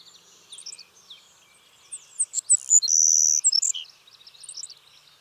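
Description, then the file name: Savannah sparrow song: thin, high chips leading into a loud, sizzling buzz that ends in a few sharp notes, all very high-pitched. "Passerculus sandwichensis - Savannah Sparrow"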